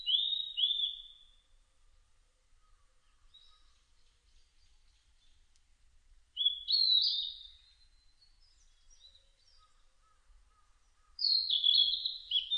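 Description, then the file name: Blue-and-white flycatcher song: three loud phrases of clear whistled notes about five to six seconds apart, with faint soft twittering between them. On 1 July 2006. "060701 ooruri"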